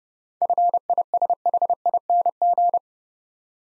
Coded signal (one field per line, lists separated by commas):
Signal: Morse code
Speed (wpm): 30 wpm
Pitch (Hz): 700 Hz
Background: none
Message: FISHING